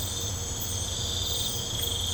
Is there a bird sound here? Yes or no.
no